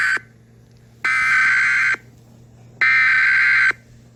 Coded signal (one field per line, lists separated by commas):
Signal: Emergency Alert System (SAME) tones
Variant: header bursts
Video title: Eas senario, containment breach (part 1).